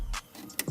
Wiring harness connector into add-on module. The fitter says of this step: the uh range module itself you'll hear that click